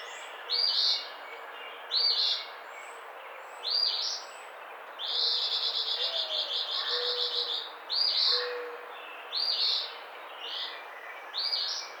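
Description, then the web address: Eastern phoebe repeating raspy fee-bee phrases about every one and a half to two seconds, with a longer stuttering buzzy phrase midway; steady background hiss. Recorded 11 April 2009. "Eastern Phoebe 2009 04 11"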